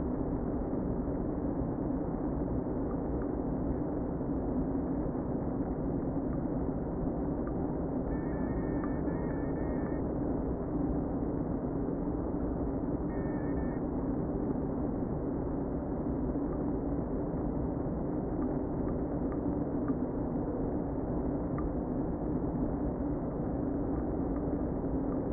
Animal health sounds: honeybee colony, microphone inside the hive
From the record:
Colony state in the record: queen present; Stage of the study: before two queens were removed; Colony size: about 60,000 bees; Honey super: yes

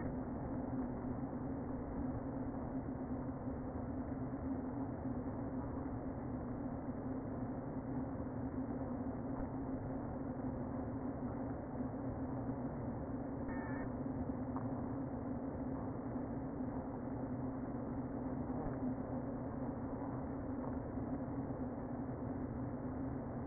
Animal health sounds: honeybee colony, microphone inside the hive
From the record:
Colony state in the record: queen present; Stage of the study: before two queens were removed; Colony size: about 60,000 bees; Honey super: yes

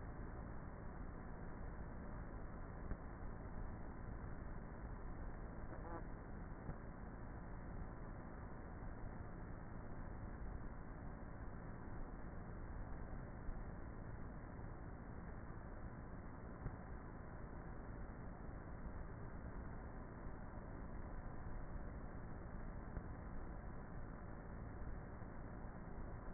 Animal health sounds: honeybee colony, microphone inside the hive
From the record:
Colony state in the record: queenless with a low population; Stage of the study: before two queens were removed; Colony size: about 30,000 bees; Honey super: no

